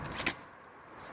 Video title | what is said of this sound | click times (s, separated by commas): Milwaukee M18 FUEL QUIK-LOK POWER HEAD String Trimmer and Hedge Trimmer Attachment | slide her in you can almost do it with one hand listen for that click you're listening | 0.3 s